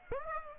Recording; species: mosquito wingbeat signal from an infrared sensor; Aedes aegypti